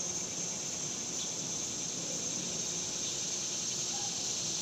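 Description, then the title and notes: Cicadas produce a sustained, shimmering high buzz without pause, over faint low rumbling background noise. Cicadas recorded outdoors in summer in the suburbs. "Ext Summer Cicadas, Suburbs by Bandeto"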